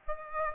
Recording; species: mosquito wingbeat signal from an infrared sensor; Aedes aegypti